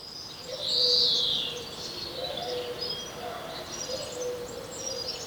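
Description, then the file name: European greenfinch call: one drawn-out, harsh, nasal note lasting nearly a second near the start, with faint chirps of other birds and a low steady hum behind. "Chloris chloris"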